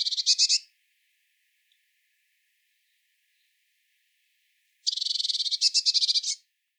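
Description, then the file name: Eurasian blue tit call, a harsh, buzzy churring scold given in two bursts, a short one and then a longer rapid rattle about four seconds later, with silence between. "Cyanistes caeruleus"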